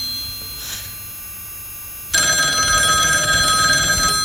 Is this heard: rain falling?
no